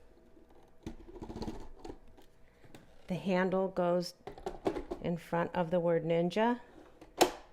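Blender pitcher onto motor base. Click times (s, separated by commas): 7.2 s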